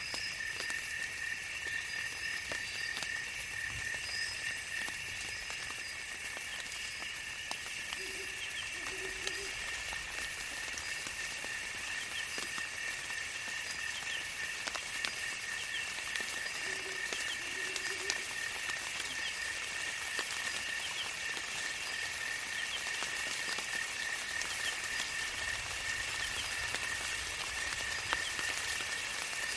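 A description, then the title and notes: A steady, shrill insect chorus hums over light pattering rain, with brief low croaks near 8 and 17 seconds and faint distant rumbles. Jungle Evening Chorus. Pattering rain, distant thunder, and a chorus of insects.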